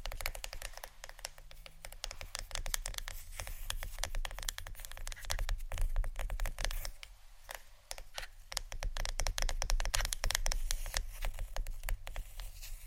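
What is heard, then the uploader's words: Wooden ASMR triggers: a dense, uneven stream of crisp taps, clicks and scratchy crackles runs through the whole clip, with no real pauses. The sounds stay bright and sharp, over a steady low hum underneath. ASMR Wooden Triggers（No Talking）.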